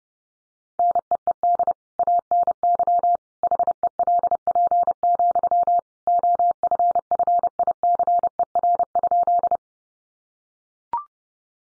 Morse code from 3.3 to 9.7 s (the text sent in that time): HELP, OFFICER?